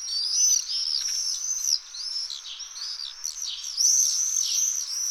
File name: Falciot Cant